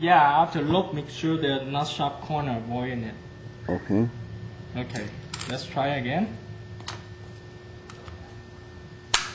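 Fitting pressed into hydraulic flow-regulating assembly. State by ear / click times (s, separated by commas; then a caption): seated / 9.1 s. Someone talks while a fitting is pressed again into a hydraulic assembly for regulating oil flow, a retry after the first attempt did not click. A few faint ticks follow, then a sharp, loud click at 9.1 s as the fitting seats.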